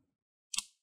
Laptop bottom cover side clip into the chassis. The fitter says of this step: have to make a nice click on the side, but don't push on the corners.